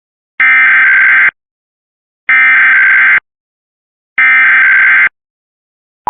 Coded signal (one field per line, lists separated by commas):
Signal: Emergency Alert System (SAME) tones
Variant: header bursts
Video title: WPVI-TV Emergency Alert System Required Monthly Test in PA (EAS #77)